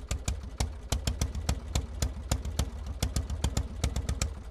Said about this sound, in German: Nur 2 Jahre benötigt Karl Benz, dann ist ihm der Geniestreich geglückt. Am Silvesterabend 1879 springt sein Motor erstmals an.